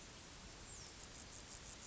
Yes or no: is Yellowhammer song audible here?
no